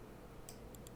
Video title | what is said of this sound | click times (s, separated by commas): Como Reparar Cierre Centralizado Peugeot 207 | wir mit der Handfläche darauf schlagen, bis die Clips beim Eintreten Geräusche machen wir | 0.5 s, 0.7 s, 0.9 s